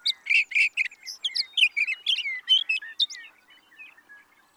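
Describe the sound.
Sage thrasher song, a rapid continuous warble of varied chirps and trills that goes on for about three seconds before fading into softer notes.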